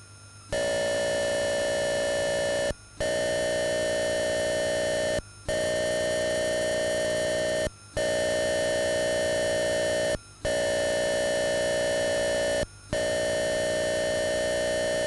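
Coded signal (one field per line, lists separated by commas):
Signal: computer data on cassette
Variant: Atari 8-bit cassette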